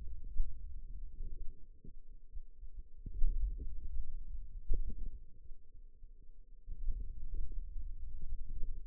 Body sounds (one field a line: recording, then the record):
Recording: forearm muscle sounds (acoustic myography)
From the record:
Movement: hand opening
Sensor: system 2, bracelet of six BSWA MPA416 microphones around the upper forearm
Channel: 3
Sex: female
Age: 21 years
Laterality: right